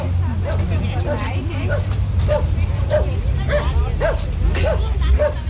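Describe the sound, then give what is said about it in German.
A dog barks in a steady series of short, high yips, about two per second, over a constant low hum and a murmur of background voices. “Wie soll ich einen Hund halten?”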